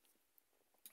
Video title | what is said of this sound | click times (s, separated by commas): How To: Add height to your McFarlane Toys DC Multiverse Hush Superman | with the stem until you hear the first click go in | 0.9 s